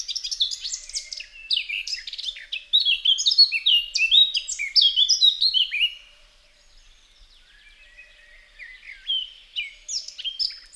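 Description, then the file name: Eurasian blackcap song: a dense, hurried warble of fluty and scratchy notes for about six seconds, then a near pause before soft, scattered phrases return. "Sylvia atricapilla"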